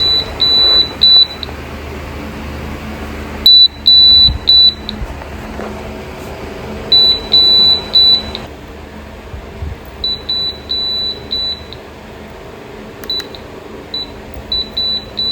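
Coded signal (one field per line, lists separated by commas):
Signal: beep code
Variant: Havells BLDC ceiling fan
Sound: groups of short high-pitched beeps repeating through the clip, with pauses between groups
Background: room hum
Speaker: तो दोस्तों आपके फैन में भी ऐसे ही प्रॉब्लम आ रहा है। तो दोस्तों ये हमारा बीएएलडीसी फैन में बीप साउंड का प्रॉब्लम है दोस्तों।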